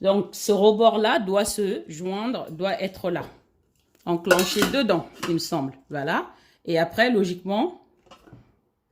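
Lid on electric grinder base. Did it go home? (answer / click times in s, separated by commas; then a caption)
no / none. A lid is pressed onto the base of an electric coffee and spice grinder while someone talks, and a faint knock is heard near 8.1 s. The lid is not yet properly engaged and has to be turned, so nothing has clicked or locked in place yet.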